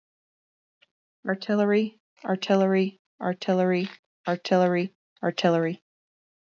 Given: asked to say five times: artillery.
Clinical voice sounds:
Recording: repeated word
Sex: female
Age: 30 to 39 years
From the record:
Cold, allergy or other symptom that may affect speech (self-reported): no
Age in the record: 33 years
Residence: Colorado, United States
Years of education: 12

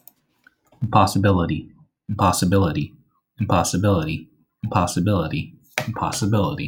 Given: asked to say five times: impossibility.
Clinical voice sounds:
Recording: repeated word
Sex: male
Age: 30 to 39 years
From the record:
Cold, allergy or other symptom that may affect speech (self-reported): no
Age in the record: 32 years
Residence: Maryland, United States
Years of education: 16

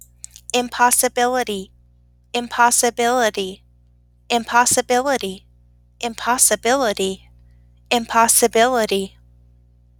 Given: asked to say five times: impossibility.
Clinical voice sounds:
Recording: repeated word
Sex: female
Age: 30 to 39 years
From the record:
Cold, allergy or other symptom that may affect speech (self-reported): no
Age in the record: 31 years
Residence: North Carolina, United States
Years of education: 17

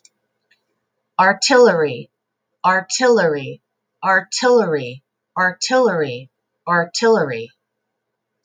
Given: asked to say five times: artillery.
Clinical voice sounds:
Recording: repeated word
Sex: female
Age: 40 to 49 years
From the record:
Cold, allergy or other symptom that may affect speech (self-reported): no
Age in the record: 40 years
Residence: Alaska, United States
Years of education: 17

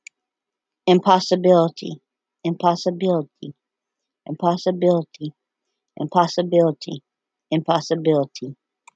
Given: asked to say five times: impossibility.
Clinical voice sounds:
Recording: repeated word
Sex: female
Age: 30 to 39 years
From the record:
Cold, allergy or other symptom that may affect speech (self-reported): no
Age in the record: 39 years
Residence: Alabama, United States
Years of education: 16

